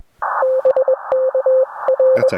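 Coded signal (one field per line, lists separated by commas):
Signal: Morse code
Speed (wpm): 21 wpm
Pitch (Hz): 520 Hz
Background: none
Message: BKR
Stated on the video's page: Morning QRP Parks on the Air activation with an Elecraft K2, BamaKey TP-III paddle and 40m end-fed half-wave antenna.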